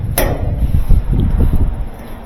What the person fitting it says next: They just snap into place.